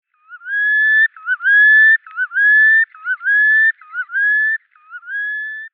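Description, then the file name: Red knot giving clear, fluty whistles, each note rising then holding steady, repeated about six times in a steady series with brief gaps. "Knutt Calidris canutus"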